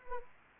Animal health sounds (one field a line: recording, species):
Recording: mosquito wingbeat signal from an infrared sensor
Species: Anopheles arabiensis